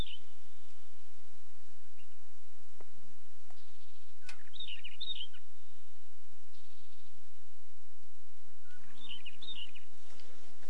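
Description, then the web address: Hume's wheatear uttering two quick chattering phrases of high, rapid notes, separated by several quiet seconds with faint background hiss. "Hume's wheatear. صدای-پرنده-چکچک-شکم-سفید"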